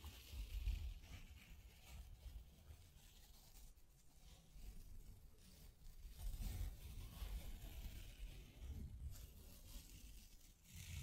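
Hands brush and scratch across a microphone in a continuous, uneven rustle, with heavy low thumps and rumbles from handling. Brighter scraping hiss comes and goes throughout, with louder bursts near the start, around six to seven seconds, and near nine seconds.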